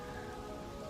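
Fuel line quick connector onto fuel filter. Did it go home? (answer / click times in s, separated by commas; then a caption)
no / none. A fuel line quick-connect fitting is handled at the outlet of a Radium Engineering fuel filter on a Focus RS, ahead of being pushed in. A steady broadband noise with faint tonal bands runs through the full second, with no sharp transient. Nothing has seated or clicked yet.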